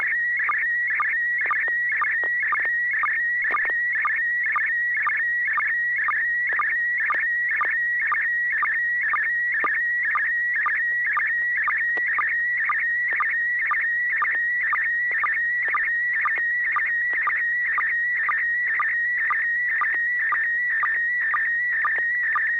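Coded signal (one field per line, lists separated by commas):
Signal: SSTV (slow-scan television)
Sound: warbling tone around 2 kHz with short low sync chirps about twice a second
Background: low hum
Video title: N6NA SSTV Net - 02/23/2022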